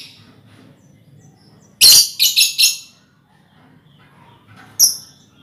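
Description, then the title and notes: Lovebird chirps: a burst of four harsh, high chirps in quick succession, then a single sharp chirp a few seconds later, with quiet low hum between. Lovebird ngekek song, described as the longest, used as a lure song (kicau pancingan). "Master Kicau Lovebird ngekek, kicau pancingan"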